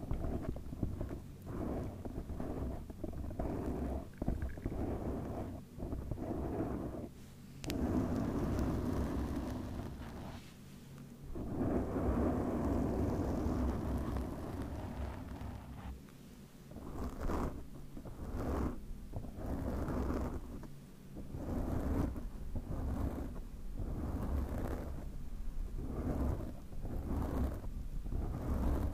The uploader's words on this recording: ASMR Mic Scratching no Talking, MIT/OHNE Cover.